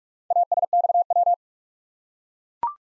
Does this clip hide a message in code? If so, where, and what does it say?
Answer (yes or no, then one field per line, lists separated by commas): yes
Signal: Morse code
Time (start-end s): 0.3-1.3 s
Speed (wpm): 44 wpm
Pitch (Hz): 700 Hz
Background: none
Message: ASXW